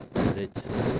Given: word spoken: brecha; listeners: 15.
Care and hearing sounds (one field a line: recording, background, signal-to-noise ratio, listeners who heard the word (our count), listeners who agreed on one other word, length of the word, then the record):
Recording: one Spanish word in noise, from a listening test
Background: noise modulated by one talker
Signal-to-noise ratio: -8.0 dB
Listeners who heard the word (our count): 1 of 15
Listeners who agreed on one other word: 11 of 15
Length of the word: 0.60 s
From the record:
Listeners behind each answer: 11, 1, 1, 1, 1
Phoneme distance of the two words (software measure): 17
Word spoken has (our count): 2 syllables, 5 phonemes, stress on syllable 1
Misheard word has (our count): 3 syllables, 6 phonemes, stress on syllable 2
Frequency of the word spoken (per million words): 7.65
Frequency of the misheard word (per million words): 124.86